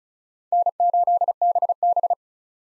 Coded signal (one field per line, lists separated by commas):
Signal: Morse code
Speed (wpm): 34 wpm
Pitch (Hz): 700 Hz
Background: none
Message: N8BB